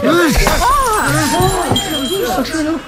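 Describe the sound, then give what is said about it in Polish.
A wine glass shatters as it is broken over a man's head, with a bright, brittle crash and lingering high tinkling, while agitated voices talk and exclaim loudly over it throughout. “Proszę, oto kieliszek.”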